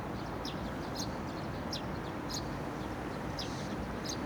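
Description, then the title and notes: Sparrow calls, sharp high chirps scattered irregularly throughout, partly buried under continuous low rumbling vehicle noise. Yangjaecheon Stream, Yangjae-dong, Seocho-gu, Seoul, South Korea; summer during the monsoon season; vehicles including a bus passing by. "대한민국 서울특별시 서초구 양재동 261-23-Yangjaecheon, Summer, Bus, Sparrow. Yangjaecheon Stream, Summer, Monsoon, Sparrow, vehicle passing by 양재천, 여름, 장마철, 참새"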